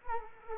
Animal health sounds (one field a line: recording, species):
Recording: mosquito wingbeat signal from an infrared sensor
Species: Culex quinquefasciatus